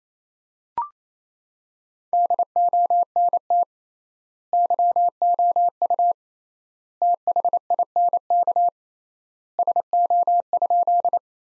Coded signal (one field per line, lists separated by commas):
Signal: Morse code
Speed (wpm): 28 wpm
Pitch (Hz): 700 Hz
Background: none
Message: DONT YOU THINK SO?